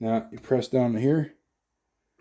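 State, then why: Not seated. Someone talks while pressing down on the stainless steel part of a Turin coffee grinder's burr assembly, working it onto the black housing of the grinder body. Speech fills the first 1.3 seconds, then near silence with a faint sound around 2.2 seconds. Nothing has seated or clicked yet.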